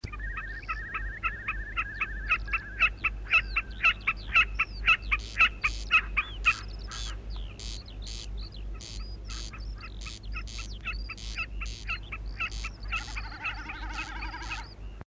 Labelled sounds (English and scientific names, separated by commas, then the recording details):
Common Snipe (Gallinago gallinago) call, Corn Crake (Crex crex)
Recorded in the wild
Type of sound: call
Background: Crex crex
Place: Pevestorf (Höhbeck), Niedersachsen, DE
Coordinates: 53.05, 11.46
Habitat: meadow
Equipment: Uher 4000 Report L, Parabolreflektor, Dynamisches Uher Mikrofon
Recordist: Gaeth, Peter
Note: Bekassinenbalz: Tickern und ein Meckern. Im Hintergrund Wachtelkönig